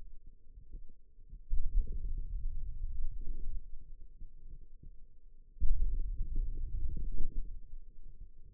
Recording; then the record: forearm muscle sounds (acoustic myography)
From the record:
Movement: hand opening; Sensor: system 2, bracelet of six BSWA MPA416 microphones around the upper forearm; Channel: 4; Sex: female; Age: 21 years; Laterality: right